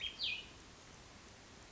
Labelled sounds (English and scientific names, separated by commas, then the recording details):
Cassin's Vireo (Vireo cassinii)
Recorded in Sonoma County, California